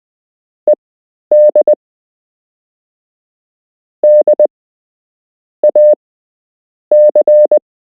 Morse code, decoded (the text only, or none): ED DAC